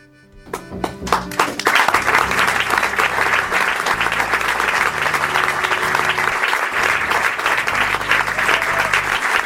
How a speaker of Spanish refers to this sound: De mínima se merecen un aplauso enorme, sin dudas, ¿eh? La gente cómo se puso, me encantó.